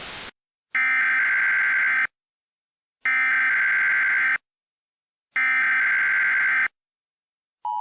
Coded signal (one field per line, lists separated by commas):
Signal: Emergency Alert System (SAME) tones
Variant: header bursts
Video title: EAS Mock 24: Qui Maneant